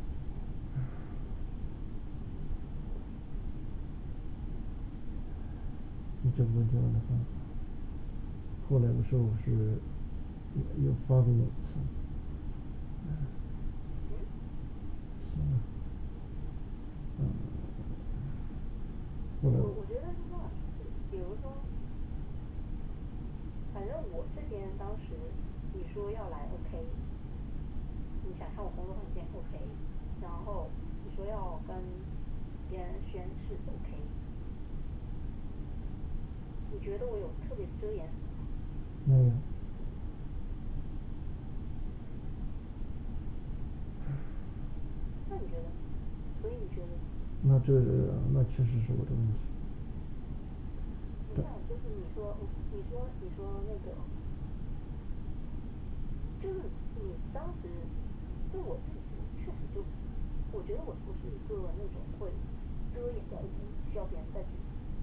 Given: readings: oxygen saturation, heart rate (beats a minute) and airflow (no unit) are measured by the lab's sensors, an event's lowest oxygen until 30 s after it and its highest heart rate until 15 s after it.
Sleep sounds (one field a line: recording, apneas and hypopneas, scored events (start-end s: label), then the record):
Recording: a person awake in a sleep study, by a smartphone at the bedside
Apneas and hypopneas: none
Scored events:
0.00-65.03 s: awake
From the record:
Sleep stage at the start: awake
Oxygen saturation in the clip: 94 to 97%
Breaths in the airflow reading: 19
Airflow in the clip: -4.8 to 6.4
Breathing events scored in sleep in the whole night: 216 in 7.0 hours asleep